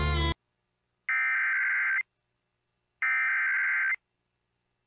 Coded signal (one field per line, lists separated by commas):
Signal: Emergency Alert System (SAME) tones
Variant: header bursts